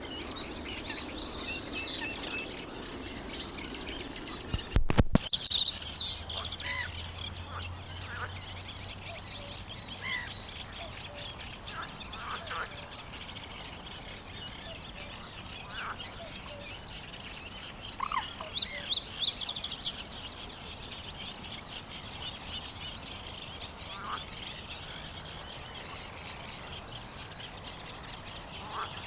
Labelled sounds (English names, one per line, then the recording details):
Reed Bunting
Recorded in the wild
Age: adult
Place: Karower Teiche, Naturpark Barnim, Berlin, DE
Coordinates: 52.622, 13.46
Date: 1992-05-16 10:30
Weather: sonnig, 17-22°C
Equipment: Nagra SN, Mikrofon AKG CK 8, Kopie Tesla B 116
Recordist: Tembrock, Günter